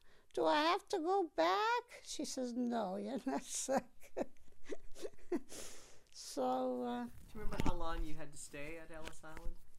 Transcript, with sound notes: Do I have to go back?" She says, "No, you're not sick." ( she laughs ) So, uh...
Do you remember how long you had to stay at Ellis Island?